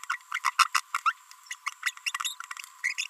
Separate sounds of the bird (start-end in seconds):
0.10-0.16, 0.32-0.38, 0.44-0.50, 0.58-0.67, 0.75-0.80, 0.94-0.99, 1.06-1.12, 1.51-1.54, 1.83-1.90, 2.06-2.11, 2.15-2.33, 2.84-2.93, 2.98-3.06